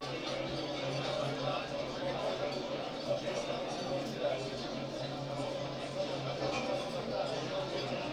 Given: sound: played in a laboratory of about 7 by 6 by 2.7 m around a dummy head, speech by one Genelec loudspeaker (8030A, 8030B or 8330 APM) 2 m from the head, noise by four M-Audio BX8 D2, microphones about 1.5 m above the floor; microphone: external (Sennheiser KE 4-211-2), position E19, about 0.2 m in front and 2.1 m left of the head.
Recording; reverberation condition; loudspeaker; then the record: cafeteria noise; low; four, about 170 cm from the corners of the room and facing them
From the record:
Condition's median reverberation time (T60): about 310 ms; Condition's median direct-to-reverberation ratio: about 3.5 dB